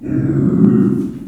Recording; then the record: squeal of a Yucatan mini pig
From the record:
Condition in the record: after surgery on the right vocal fold (resection and tissue-engineered implant); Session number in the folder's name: 5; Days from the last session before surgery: 33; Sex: female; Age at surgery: 19 weeks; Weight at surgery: 25 kg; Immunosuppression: prednisolone